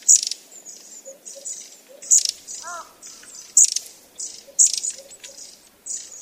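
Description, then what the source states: Long-tailed tit calls: sharp, very high chips and short buzzy notes in irregular bursts, with one brief lower harmonic call midway. In Uchiurayama Prefectural Forest, Kamogawa, Chiba Prefecture, Japan.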